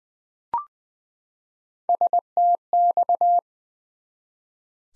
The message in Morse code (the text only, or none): STX